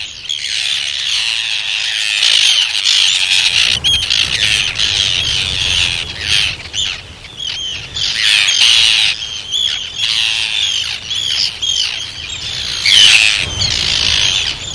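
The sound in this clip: Arctic tern harsh, rasping calls, almost continuous, with short grating notes and rapid chatter throughout.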